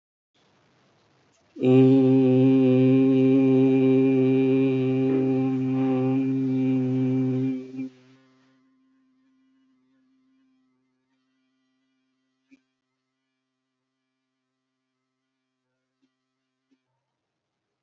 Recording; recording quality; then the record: sustained vowel as in beet; excellent, no background noise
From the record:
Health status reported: healthy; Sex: male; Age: 35 years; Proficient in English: yes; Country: India